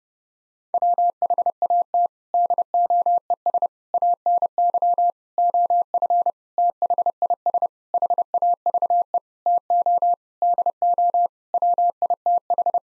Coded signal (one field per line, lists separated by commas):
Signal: Morse code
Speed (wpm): 30 wpm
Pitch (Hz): 700 Hz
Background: none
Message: WHAT DOES ANY OF THIS HAVE TO DO WITH